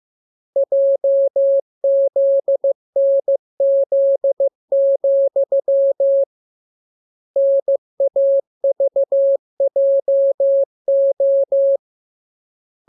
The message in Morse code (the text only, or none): JZNZ, NAVJO